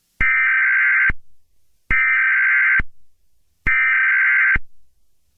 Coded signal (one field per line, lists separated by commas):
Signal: Emergency Alert System (SAME) tones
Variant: header bursts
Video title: EAS Scenario - Strange Alien Object